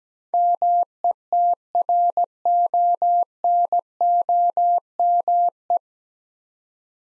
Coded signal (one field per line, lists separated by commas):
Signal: Morse code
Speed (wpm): 17 wpm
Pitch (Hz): 700 Hz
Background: none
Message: METRONOME